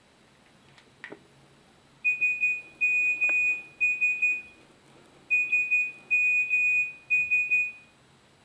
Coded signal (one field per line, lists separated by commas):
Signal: Morse code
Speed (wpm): 12 wpm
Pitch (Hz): 2500 Hz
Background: none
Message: SMS SMS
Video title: ما هي شيفرة مورس (مترجمة) - ? beko - Kodê Mors çi ye